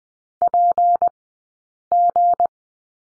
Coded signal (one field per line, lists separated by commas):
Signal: Morse code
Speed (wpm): 20 wpm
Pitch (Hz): 700 Hz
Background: none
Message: PG